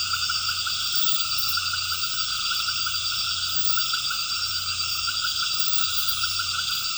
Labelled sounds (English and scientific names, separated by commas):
none